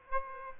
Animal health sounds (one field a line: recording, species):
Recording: mosquito wingbeat signal from an infrared sensor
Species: Aedes aegypti